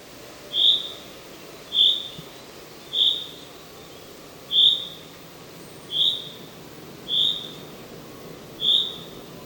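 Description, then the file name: Common chaffinch calling with a steady series of clipped, high single notes over quiet background noise. "Fringilla coelebs"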